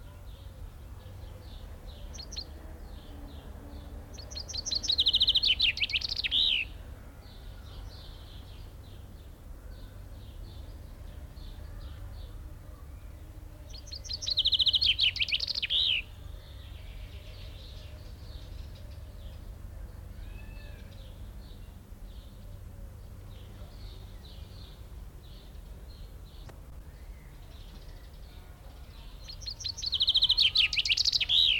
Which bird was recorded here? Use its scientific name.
Fringilla coelebs